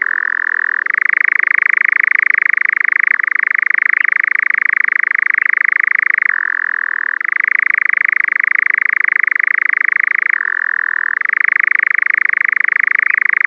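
Nightjar: a long unbroken, machine-like churring trill that switches back and forth between a higher and a slightly lower pitch several times.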